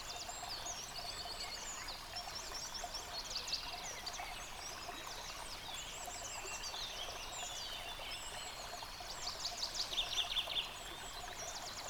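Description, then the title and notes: Several birds singing, with varied high chirps and repeated trills, against a constant background of rushing stream water. Bird chorus recorded beside a stream in Dlouhý Důl, Krásná Lípa, Czechia, on a ZOOM H6 recorder. "Dlouhý Důl 14, 407 47 Krásná Lípa, Czechia - Ptáci a potok. Ptačí sněm snímaný u potoka"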